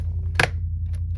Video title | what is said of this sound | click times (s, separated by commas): Vacuum repair man - Miele C3 tear down and reassembly | There we go. It it's now clicked in place here. | 0.4 s